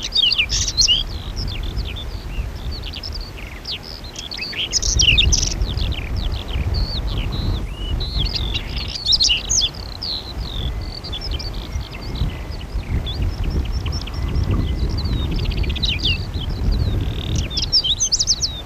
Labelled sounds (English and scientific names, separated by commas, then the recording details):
Whinchat (Saxicola rubetra) song
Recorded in the wild
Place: Krombachtalsperre, DE
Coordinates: 50.6217, 8.12722
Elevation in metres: 530
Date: 1964-05-10
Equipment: Uher Report 4000, AKG D190
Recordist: Krey, Winfried